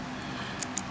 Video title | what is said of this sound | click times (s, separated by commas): Mul-T-Lock Euro Cylinder set new key | my tool now make sure my pins don't drop into void and then we hear it click this quick testing | 0.6 s, 0.8 s